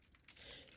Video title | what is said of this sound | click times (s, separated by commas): MG ZZ Gundam Ver. Ka Review | it does not click unfortunately | none